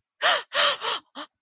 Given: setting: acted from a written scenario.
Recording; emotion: vocal sound without words; fear